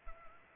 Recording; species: mosquito wingbeat signal from an infrared sensor; Culex pipiens